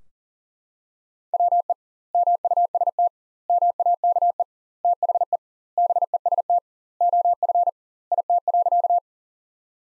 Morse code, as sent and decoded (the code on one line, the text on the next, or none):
.-- . / -- ..- ... - / -- .- -.- . / - .... . / -... . ... - / --- ..-. / .. - .-.-.-
WE MUST MAKE THE BEST OF IT.